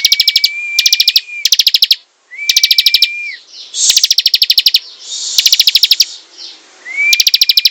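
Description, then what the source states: Prinia song: rapid trains of sharp ticking notes, some over a steady whistled tone, in bursts separated by brief pauses, with buzzy hissing phrases between. Singing vigorously, described as gacor.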